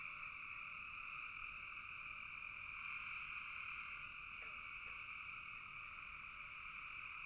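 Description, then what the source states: Dense frog chorus of overlapping calls, constant throughout, with a couple of faint short notes midway. Several frogs calling in a bog.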